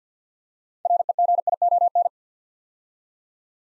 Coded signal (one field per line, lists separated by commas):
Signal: Morse code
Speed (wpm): 52 wpm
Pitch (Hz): 700 Hz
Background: none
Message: REGION